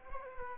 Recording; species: mosquito wingbeat signal from an infrared sensor; Culex quinquefasciatus